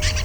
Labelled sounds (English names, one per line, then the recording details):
Brown-throated Parakeet contact call
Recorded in Venezuela
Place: PN Cerro Saroche, Tierras del Sr. Polo, Edo. Lara
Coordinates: 10.171, -69.518